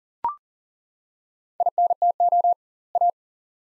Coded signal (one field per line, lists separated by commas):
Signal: Morse code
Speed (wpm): 37 wpm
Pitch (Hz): 700 Hz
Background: none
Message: INTO A